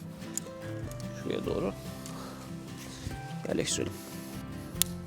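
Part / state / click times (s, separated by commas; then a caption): tent crossing pole into its corner fitting on the tent / seated / 4.8 s. Someone talks over background music while fitting the first crossing pole of a Nordisk Orta PU2 camping tent into its corner fitting on the tent. A sharp click is heard at 4.8 s as the pole seats in place.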